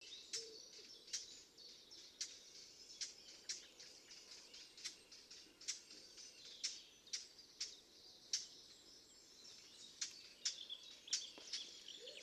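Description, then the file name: Eurasian blackcap calls: hard, dry tacking clicks repeated more than once a second, fairly faint against a steady background hiss. "Sylvia atricapilla"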